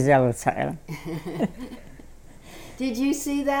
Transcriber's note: they laugh